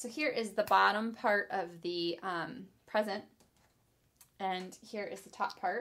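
Someone talks while handling the bottom part and then the top part of a small plastic toy present box, with a faint brief sound near 4.2 s in a pause. The top part is about to be pressed onto the bottom part, but nothing has seated or clicked into place yet.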